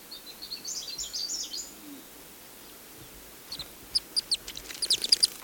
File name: madagascar kingfisher